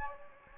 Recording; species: mosquito wingbeat signal from an infrared sensor; Anopheles gambiae